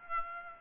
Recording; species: mosquito wingbeat signal from an infrared sensor; Aedes aegypti